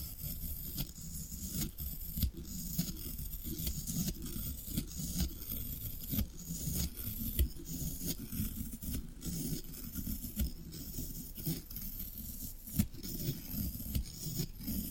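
Floral foam being worked, with a dense run of scraping, crunching and squeaking that continues without pause. Sharp clicks and snaps break through irregularly, roughly every second, over a low rough rumble and a bright hiss on top.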